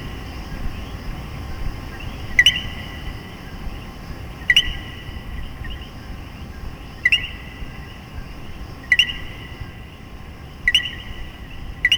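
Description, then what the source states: Common coquí calling co-QUI roughly every two seconds, a lower note then a higher one, over a steady low background rumble. Puerto Rico.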